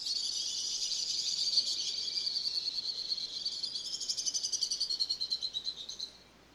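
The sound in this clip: Bird song: a high, thin, buzzy trill held steadily for several seconds, then breaking into fast pulsed notes before stopping abruptly; no other clear sounds.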